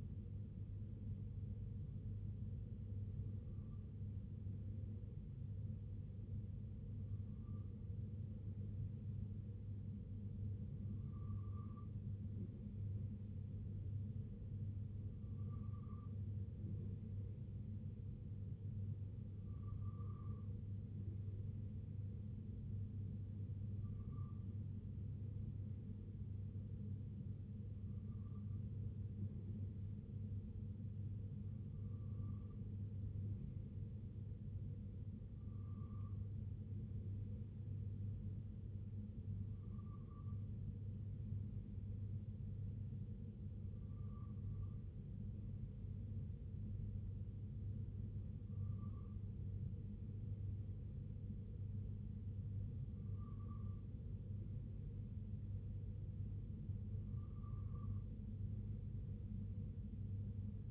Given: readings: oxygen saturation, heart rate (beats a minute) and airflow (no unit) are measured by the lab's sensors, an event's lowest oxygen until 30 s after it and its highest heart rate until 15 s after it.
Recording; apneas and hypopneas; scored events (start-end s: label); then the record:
breathing in sleep by a smartphone at the bedside; none
none scored
From the record:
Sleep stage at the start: N2 (light sleep); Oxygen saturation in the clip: 94 to 95%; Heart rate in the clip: 61 to 66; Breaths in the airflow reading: 15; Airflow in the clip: -2.9 to 2.1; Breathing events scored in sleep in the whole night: 258 in 7.4 hours asleep